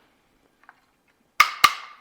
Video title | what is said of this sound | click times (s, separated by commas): 2020-2022+ FORD ESCAPE 5-dr SUV with Flush Rails - Thule's Best Roof Rack | And there you can hear it's clicked out. | 1.4 s, 1.6 s